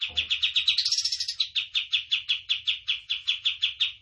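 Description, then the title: Tembakan bird giving steady, rapid high chips, briefly run together into a faster, higher trill early on. Tutor song for training caged birds; a lively, continuously singing (gacor) Tembakan bird. "Masteran Burung Tembakan Gacor"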